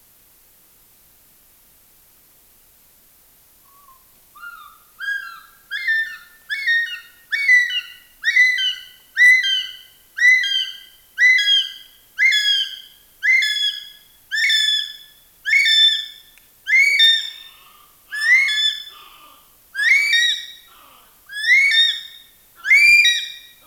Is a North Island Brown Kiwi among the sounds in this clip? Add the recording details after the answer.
yes. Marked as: faintness 1/5. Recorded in New Zealand on 16 June 2014. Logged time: 03:08